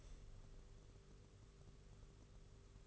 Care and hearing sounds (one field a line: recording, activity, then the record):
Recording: daily activity, microphone in the room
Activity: open window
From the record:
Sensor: 4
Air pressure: 991.2 hPa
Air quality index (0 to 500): 154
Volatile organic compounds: 108 ppm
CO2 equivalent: 3806 ppm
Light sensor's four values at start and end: 6/14/5/6 and 6/14/5/6